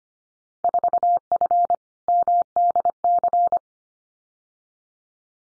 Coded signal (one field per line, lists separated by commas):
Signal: Morse code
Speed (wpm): 25 wpm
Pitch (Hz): 700 Hz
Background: none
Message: 4F MDC